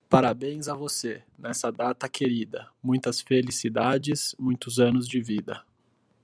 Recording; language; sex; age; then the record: short text; Brazilian Portuguese; male; 20 to 29 years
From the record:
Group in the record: control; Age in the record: 26 years